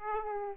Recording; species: mosquito wingbeat signal from an infrared sensor; Aedes aegypti